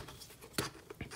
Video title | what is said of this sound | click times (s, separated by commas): Video Review: Transformers: Power of the Primes - Deluxe Class BLOT | heard that lateral click | 0.6 s